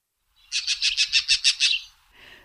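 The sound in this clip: Green Jay harsh call series: about eight rapid, rasping notes delivered evenly in quick succession, then a softer short note afterward.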